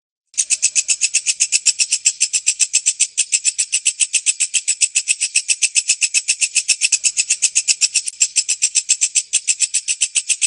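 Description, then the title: Bird giving a fast, unbroken run of bright, buzzy, high pulses, steady and even throughout. Used for training songbirds. "Suara masteran Burung"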